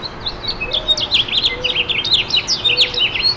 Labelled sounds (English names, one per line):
House Finch song